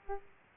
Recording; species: mosquito wingbeat signal from an infrared sensor; Aedes aegypti